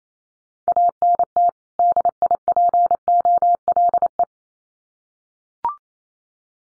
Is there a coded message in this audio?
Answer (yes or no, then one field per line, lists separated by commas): yes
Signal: Morse code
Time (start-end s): 0.7-4.2 s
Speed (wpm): 28 wpm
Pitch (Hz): 700 Hz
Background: none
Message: ANT DIPOLE